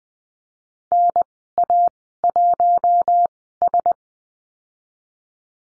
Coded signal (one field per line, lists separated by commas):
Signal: Morse code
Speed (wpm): 20 wpm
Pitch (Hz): 700 Hz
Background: none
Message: NA1S